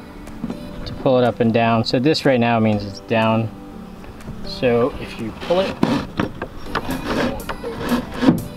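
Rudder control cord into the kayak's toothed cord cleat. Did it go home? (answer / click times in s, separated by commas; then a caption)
yes / 6.2 s, 6.4 s, 6.8 s, 7.5 s. Someone talks while pulling the rudder control cord on a Hobie Outback kayak, ratcheting it through a toothed plastic cleat. The cord clicks into the cleat at about 6.2, 6.4, 6.8 and 7.5 seconds as the teeth catch it, seating it so the rudder stays up.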